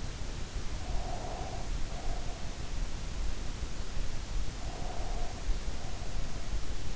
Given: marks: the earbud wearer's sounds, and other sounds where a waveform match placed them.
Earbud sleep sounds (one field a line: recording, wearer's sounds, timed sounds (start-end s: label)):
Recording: sounds in sleep by an in-ear microphone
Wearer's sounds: breath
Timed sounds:
0.74-2.66 s: breath
4.44-6.52 s: breath